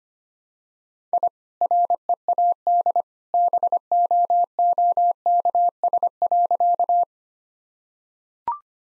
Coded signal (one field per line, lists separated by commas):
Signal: Morse code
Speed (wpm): 25 wpm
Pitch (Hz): 700 Hz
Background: none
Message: I READ BOOKS.